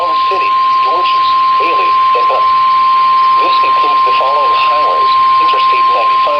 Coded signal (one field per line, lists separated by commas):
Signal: Emergency Alert System (SAME) tones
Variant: 853 and 960 Hz attention tone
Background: speech